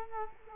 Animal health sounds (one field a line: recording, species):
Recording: mosquito wingbeat signal from an infrared sensor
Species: Culex quinquefasciatus